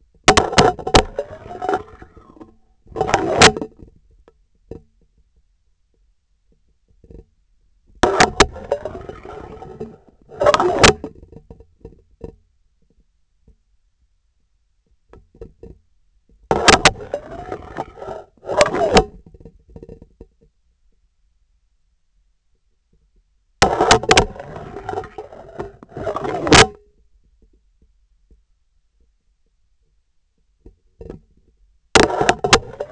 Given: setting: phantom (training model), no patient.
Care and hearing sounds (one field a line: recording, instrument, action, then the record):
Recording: laparoscopic instrument, vibration sensor on the handle end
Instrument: scissors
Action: insertion and removal through the trocar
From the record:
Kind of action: spatial motion